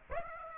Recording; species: mosquito wingbeat signal from an infrared sensor; Aedes aegypti